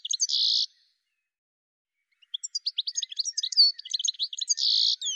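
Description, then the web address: Bird calling: a brief buzzy note, then after a pause a fast chattering run of high, squeaky chirps ending in another harsh buzz. "cianscape birddata"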